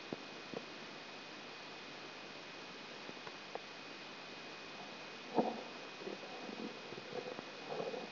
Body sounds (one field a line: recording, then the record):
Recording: brain microelectrode recording played as sound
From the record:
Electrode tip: outside the subthalamic nucleus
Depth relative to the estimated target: -6 mm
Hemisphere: left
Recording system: AlphaMap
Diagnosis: Parkinson's disease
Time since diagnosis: 7 years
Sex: female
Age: 56 years